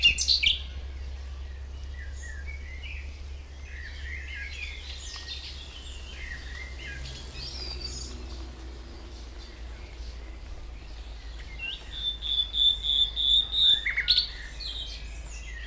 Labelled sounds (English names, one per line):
Common Nightingale song